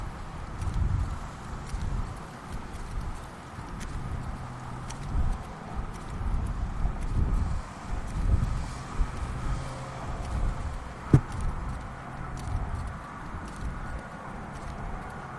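A lunchtime walk around the neighborhood, with a steady low rumble of traffic running throughout. Soft rhythmic knocks, likely footsteps, recur every second or so, and a faint hum sits underneath. A single sharp click stands out near the eleven-second mark.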